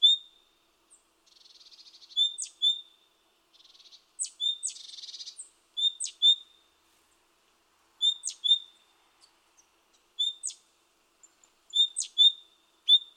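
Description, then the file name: Great tit calls: high, thin notes with sharp flicks, mixed with buzzy churring rattles. "Parus major"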